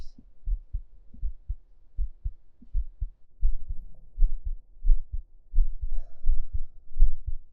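Steady low thumping heartbeat at about 87 beats a minute, heard with the ear laid on an adult's chest under the shirt, muffled, with faint stomach gurgling.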